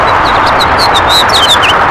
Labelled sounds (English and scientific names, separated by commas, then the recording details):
House Finch (Haemorhous mexicanus) song
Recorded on Long Island, New York, on 14 June 2012
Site CH
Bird A